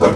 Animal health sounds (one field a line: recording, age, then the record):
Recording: pig call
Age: growing-finishing pig (85 days or more)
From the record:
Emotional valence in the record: positive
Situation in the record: run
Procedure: transit